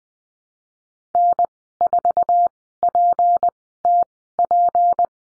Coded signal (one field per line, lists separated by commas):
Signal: Morse code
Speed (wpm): 20 wpm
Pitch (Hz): 700 Hz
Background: none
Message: N4PTP